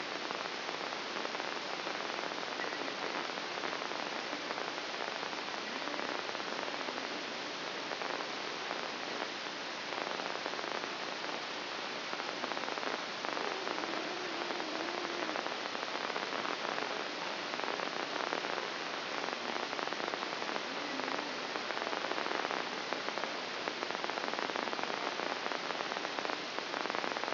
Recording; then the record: brain microelectrode recording played as sound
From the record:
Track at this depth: inside the subthalamic nucleus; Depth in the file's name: 5.307 mm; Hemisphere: left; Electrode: 2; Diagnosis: Parkinson's disease